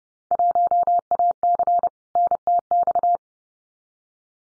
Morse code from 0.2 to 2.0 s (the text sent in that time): 1AC